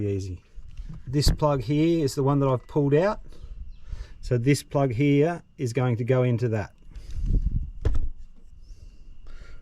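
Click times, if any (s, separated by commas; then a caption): 7.9 s. Someone talks, then pushes the plastic wiring-harness plug of a power and torque upgrade tuning chip into the fuel rail sensor connector on a 2014 Toyota Hilux diesel. A short click is heard at 8.0 s as the plug seats, confirming it is plugged in, since a plug that has not clicked is not in.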